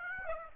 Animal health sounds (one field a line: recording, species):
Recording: mosquito wingbeat signal from an infrared sensor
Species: Aedes aegypti